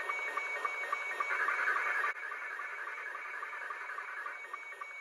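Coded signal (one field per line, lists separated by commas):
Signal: SSTV (slow-scan television)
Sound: warbling, shifting tones with steady rhythmic ticks several times a second, under hiss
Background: radio static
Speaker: he is saying thank you for the 73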